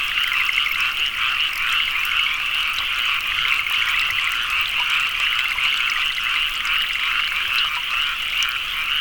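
Frogs croaking together in a thick, continuous chorus of rapid pulsed notes.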